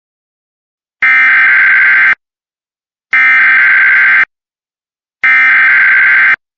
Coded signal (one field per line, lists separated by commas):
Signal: Emergency Alert System (SAME) tones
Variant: header bursts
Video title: 2 TRW (New EAS 9-10)